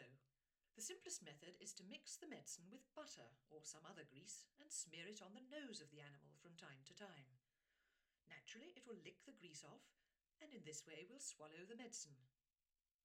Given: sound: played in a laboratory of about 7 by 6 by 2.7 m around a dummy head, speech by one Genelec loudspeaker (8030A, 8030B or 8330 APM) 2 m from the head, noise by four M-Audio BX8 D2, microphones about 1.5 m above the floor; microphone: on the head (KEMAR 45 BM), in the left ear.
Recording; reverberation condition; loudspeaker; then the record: female speech in English; low; 60 degrees to the left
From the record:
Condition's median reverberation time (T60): about 310 ms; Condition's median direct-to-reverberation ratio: about 3.5 dB